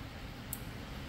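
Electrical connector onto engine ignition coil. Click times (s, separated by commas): 0.5 s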